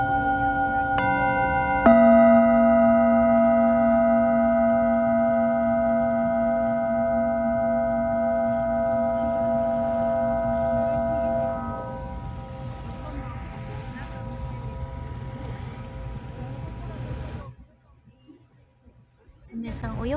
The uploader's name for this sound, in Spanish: Cuenco tibetano desde Caribe Mexicano